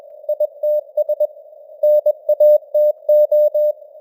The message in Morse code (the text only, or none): ITS NATO